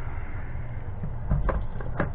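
The display screen module of a pair of FPV goggles is pressed into its plastic goggle housing over a steady low background rumble. Sharp plastic snaps ring out at 1.5 s and 2.0 s as the screen module snaps and seats into place.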